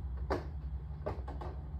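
A plastic LED lens lying in place on the backlight LED strip of an LG 55LF6000-UB TV is pushed down and snaps on with a sharp click at 0.3 s, seating it, over a steady low hum. Softer clicks follow around 1.1, 1.3 and 1.4 s as the lenses are pressed so they all snap on evenly, since uneven lenses could crack the screen when the TV is put back together.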